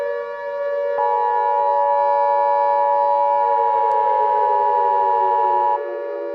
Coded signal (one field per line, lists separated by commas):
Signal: Emergency Alert System (SAME) tones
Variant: 853 and 960 Hz attention tone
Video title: EAS Scenario- The Trembling Thunder